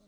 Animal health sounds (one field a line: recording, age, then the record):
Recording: pig call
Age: piglet (1 to 25 days)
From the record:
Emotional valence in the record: positive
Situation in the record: short reunion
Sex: male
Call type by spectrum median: low-frequency call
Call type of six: low-frequency stable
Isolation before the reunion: 3 minutes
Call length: 0.07 s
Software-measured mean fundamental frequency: 39 Hz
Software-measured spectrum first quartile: 208 Hz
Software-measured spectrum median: 565 Hz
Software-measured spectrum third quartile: 2034 Hz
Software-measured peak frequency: 203 Hz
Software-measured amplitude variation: 18 dB a second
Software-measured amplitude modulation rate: 13.9 a second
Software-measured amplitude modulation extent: 1.3 dB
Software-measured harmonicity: 4.7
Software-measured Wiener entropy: -2.08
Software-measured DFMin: 584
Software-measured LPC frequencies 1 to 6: 492, 2454, 4093, 4840, 6295, 7088 Hz